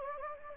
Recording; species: mosquito wingbeat signal from an infrared sensor; Anopheles gambiae